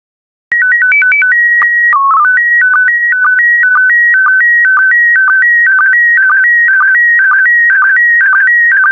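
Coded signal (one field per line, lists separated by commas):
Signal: SSTV (slow-scan television)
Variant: PD120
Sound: stepped calibration tones, then a buzzy warble between two pitches with regular low ticks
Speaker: the next image transmission will start in 10 seconds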